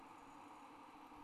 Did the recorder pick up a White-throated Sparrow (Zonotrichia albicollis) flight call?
no